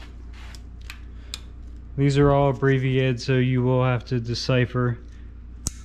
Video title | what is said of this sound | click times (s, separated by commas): HOLLEY Terminator X Max Install and setup LS | Again, snapped right in nicely. | 5.7 s